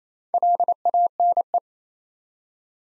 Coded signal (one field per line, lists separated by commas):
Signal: Morse code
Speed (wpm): 27 wpm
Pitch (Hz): 700 Hz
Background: none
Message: LANE